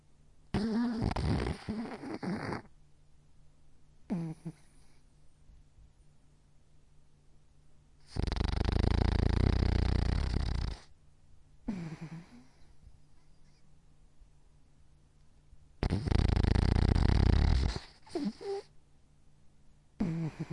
Little dog snoring.